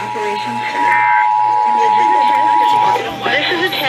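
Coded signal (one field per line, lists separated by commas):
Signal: Emergency Alert System (SAME) tones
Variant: 853 and 960 Hz attention tone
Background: speech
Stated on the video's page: Oklahoma statewide required monthly test.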